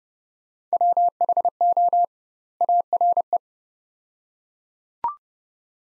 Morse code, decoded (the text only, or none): WHO ARE